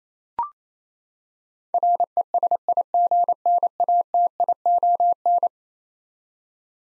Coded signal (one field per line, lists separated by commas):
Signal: Morse code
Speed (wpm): 27 wpm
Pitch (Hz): 700 Hz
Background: none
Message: RESIGNATION